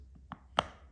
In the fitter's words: there we go we can hear that click in and wobble wobble wobble let's do a circle